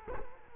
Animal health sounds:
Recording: mosquito wingbeat signal from an infrared sensor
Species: Culex quinquefasciatus

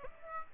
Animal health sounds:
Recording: mosquito wingbeat signal from an infrared sensor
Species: Aedes aegypti

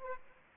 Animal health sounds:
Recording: mosquito wingbeat signal from an infrared sensor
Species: Aedes aegypti

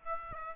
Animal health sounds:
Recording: mosquito wingbeat signal from an infrared sensor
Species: Aedes aegypti

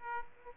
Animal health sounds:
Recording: mosquito wingbeat signal from an infrared sensor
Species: Aedes aegypti

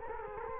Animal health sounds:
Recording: mosquito wingbeat signal from an infrared sensor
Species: Culex quinquefasciatus

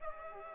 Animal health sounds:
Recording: mosquito wingbeat signal from an infrared sensor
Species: Aedes aegypti

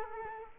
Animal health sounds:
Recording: mosquito wingbeat signal from an infrared sensor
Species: Culex quinquefasciatus

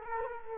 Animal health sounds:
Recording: mosquito wingbeat signal from an infrared sensor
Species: Culex quinquefasciatus

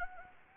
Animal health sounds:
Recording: mosquito wingbeat signal from an infrared sensor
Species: Anopheles arabiensis

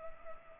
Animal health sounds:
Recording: mosquito wingbeat signal from an infrared sensor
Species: Culex pipiens

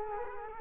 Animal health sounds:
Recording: mosquito wingbeat signal from an infrared sensor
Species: Culex quinquefasciatus

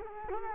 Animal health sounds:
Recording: mosquito wingbeat signal from an infrared sensor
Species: Culex quinquefasciatus

